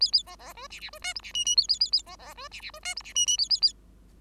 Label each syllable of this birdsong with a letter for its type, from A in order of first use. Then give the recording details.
A A B B C D D C E F D G G A A A A B B C D D C E F D G G A A A. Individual Bird5